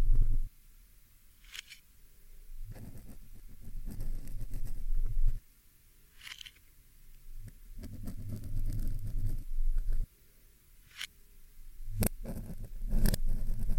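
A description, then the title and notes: Muffled handling of a microphone: scraping, rubbing and tugging noises that rise and fall in bursts, with near-silent gaps around 0.5, 5.5 and 10 seconds. Sharp bright clicks and snaps punctuate it near 1.5, 6.3, 11 and 12 seconds. ASMR MIC PULLING, PIN EXTRACTION, ASMR PIN REMOVAL, PLUCKING PIN FROM MICROPHONE, PINS ASMR, PINS.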